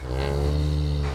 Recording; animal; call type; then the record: contact call of a hoofed animal; cattle; low-frequency (closed-mouth) or high-frequency (open-mouth) call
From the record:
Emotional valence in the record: negative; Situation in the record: physical separation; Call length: 1.16 s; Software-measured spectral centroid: 2000 Hz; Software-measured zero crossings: 980 a second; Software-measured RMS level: -24 dBFS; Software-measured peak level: -12 dBFS